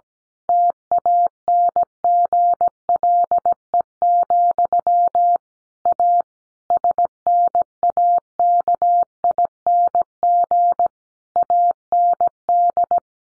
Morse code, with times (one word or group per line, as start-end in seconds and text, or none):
0.5-5.4 TANGLE,
5.9-6.2 A
6.7-10.9 SNAKING
11.4-13.0 AND